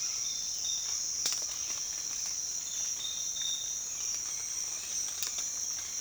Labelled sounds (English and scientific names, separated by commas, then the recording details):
none
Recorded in secondary vegetation near Puerto Asís, Putumayo, Colombia, on 25 June 2025 at 06:30
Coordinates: 0.485, -76.322
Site GP06